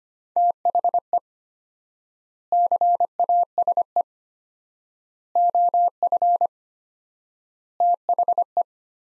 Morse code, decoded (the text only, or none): THE CASE OF THE